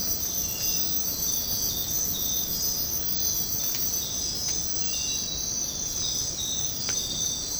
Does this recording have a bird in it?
no